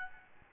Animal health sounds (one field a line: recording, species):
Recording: mosquito wingbeat signal from an infrared sensor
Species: Aedes albopictus